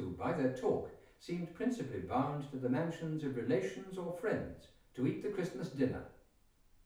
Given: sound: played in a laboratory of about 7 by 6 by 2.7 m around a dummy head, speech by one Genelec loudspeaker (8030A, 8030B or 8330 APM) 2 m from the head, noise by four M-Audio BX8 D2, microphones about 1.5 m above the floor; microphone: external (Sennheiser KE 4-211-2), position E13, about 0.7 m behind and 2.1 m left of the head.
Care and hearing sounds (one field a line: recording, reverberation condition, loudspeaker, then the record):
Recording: male speech in English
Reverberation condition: medium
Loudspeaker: 60 degrees to the right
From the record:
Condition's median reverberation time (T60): about 510 ms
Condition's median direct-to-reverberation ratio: about -0.5 dB